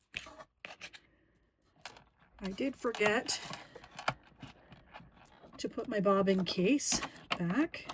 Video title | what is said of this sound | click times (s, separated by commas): Singer Electronic 4814 cleaning and oiling tutorial video ￼ | and you just push it and then it just locks into place. Simple. | 0.2 s, 0.7 s